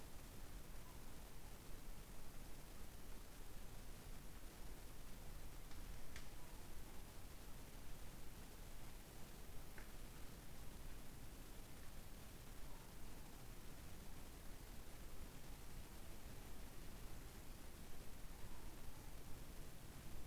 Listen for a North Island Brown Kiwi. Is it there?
no